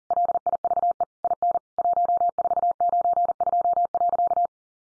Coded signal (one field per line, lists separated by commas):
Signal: Morse code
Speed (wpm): 40 wpm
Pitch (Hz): 700 Hz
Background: none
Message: LIVE IN 1492.